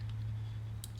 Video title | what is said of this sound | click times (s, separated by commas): Harley Sportster LED Headlight Install | might it just snaps right in | 0.8 s